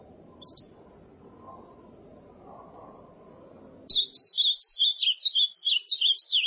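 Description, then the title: Ultramarine grosbeak song: after about four seconds of low hiss and rumble, a quick, lively phrase of slurred, sweet whistled notes. "Azulao"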